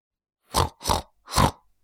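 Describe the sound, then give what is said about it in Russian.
A man makes three short, rough, pig-like grunts in quick succession, evenly spaced and fairly loud, with silence before and after and no speech. “С привычным унылым выражением лица он издавал странные хрюкающие звуки.”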